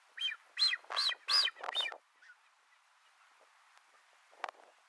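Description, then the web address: Blue-footed booby calls: five harsh, honking notes in quick succession over about two seconds, then near silence with a couple of faint clicks. "Blue footed booby. صدای-پرنده-بوبی-پاآبی"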